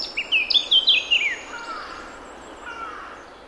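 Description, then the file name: Eurasian blackcap song, one short phrase of about a second of clear fluty whistled notes, followed by faint soft sounds. "Sylvia atricapilla"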